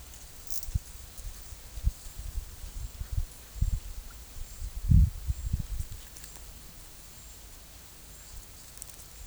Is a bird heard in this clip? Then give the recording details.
no. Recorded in pastures near Puerto Asís, Putumayo, Colombia, on 22 December 2024 at 14:00. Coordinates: 0.487, -76.322. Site GP09